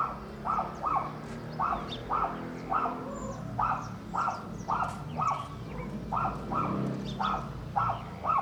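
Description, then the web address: Dog barking in a steady series of sharp barks, roughly two per second. Recorded in Alto Paraíso de Goiás. "Moto ligando e indo embora cachorro latindo. alto paraiso de goias"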